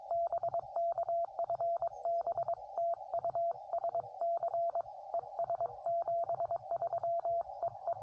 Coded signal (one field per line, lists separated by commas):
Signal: Morse code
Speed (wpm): 22 wpm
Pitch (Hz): 680 Hz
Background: radio noise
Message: BK FB TU SC ES 73 EE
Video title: QRP CW POTA US-3064